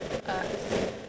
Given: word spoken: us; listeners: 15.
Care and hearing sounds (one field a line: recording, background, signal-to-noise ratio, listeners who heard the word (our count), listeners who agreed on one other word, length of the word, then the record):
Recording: one English word in noise, from a listening test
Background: noise modulated by three-talker babble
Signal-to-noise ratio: -6.0 dB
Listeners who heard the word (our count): 3 of 15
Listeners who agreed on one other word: 8 of 15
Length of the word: 0.69 s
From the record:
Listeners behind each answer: 8, 3, 3, 1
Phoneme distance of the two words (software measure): 20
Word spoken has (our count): 1 syllable, 2 phonemes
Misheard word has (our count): 1 syllable, 2 phonemes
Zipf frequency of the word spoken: 6.15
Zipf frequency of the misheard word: 5.00